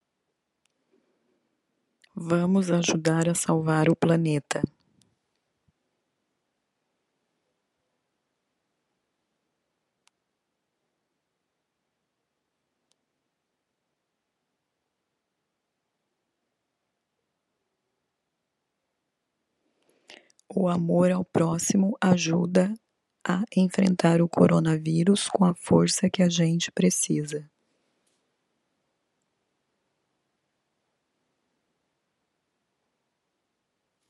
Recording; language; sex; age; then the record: spoken sentence; Brazilian Portuguese; female; 40 to 49 years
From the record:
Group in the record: control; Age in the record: 47 years